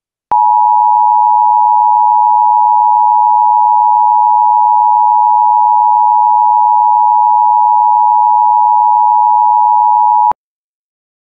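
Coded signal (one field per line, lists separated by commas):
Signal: Emergency Alert System (SAME) tones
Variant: 853 and 960 Hz attention tone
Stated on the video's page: Fictional mini EAS scenario carrying valid SAME tones.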